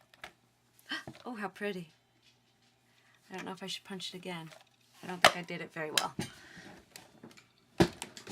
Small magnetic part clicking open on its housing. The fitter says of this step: heard it click open it turn